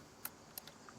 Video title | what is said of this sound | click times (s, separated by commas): Reseña del Coolifepro 24MP Camara Fototrampeo HD con Nisión Nocturna Cámara de Caza Ángulo de Detecc | Voilà. Jusqu'à entendre le petit clic. | 0.2 s, 0.6 s